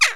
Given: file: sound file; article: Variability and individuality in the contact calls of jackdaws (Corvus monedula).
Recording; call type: jackdaw call; harmonic